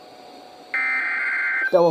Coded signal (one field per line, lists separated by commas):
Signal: Emergency Alert System (SAME) tones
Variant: header bursts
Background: speech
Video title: Pi Day Mayhem - EAS Alerts From 3/14/2024 (EAS #306-319)